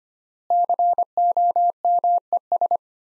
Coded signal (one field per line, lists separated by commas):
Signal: Morse code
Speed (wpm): 25 wpm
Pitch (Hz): 700 Hz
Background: none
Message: COMES